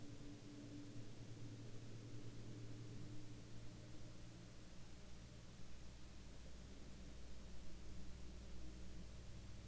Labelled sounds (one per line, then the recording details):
man-made sound
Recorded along the Dalton Highway, Alaska, on 7 April 2019 at 23:48
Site 03